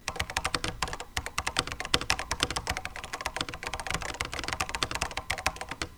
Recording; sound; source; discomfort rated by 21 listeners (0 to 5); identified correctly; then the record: sound for misophonia research; typing; not oral or nasal; mean 1.02, standard deviation 1.20; in 42 of 42 trials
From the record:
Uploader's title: Keyboard Typing Sounds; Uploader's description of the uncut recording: Typing sounds from an ALPS made SM-FKB401 "ALPSaver" which uses SKCCBJ switches.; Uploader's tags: typing, mechanical, keystroke, keyboard, vintage